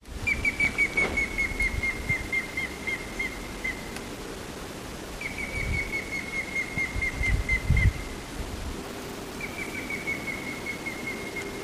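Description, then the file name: Grey-headed woodpecker: three series of clear whistled notes, each falling slightly in pitch, the last cut off, with low rumble behind. "Pcanus"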